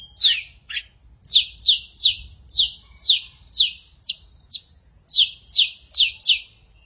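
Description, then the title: Magpie-robins and shamas singing a steady run of high, sharply descending notes, about two each second, with little background sound. "Suara Burung Murai"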